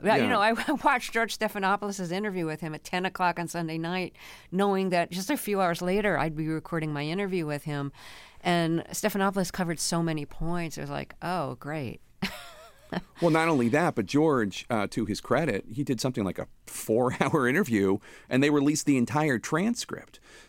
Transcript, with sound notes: You know, I watched George Stephanopoulos' interview with him at 10 o'clock on Sunday night knowing that just a few hours later, I'd be recording my interview with him. And Stephanopoulos covered so many points. I was like, oh, great (laughter).
Well, not only that, but George, to his credit - he did something like a four-hour interview, and they released the entire transcript.